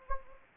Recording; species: mosquito wingbeat signal from an infrared sensor; Anopheles gambiae